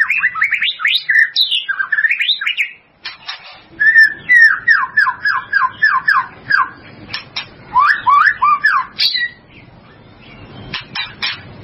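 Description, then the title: White-rumped shama song: rich, varied whistled phrases with rapid runs of rising and falling notes, a pause, then quick repeated slurred whistles and a few sharp clicks. "murai batu"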